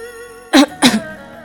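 dry coughing

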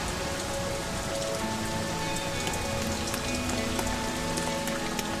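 rain

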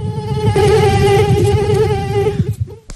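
mosquito buzzing

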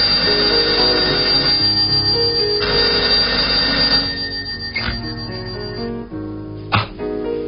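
telephone ringing

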